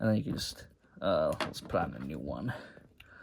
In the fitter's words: It just kind of clicks right in.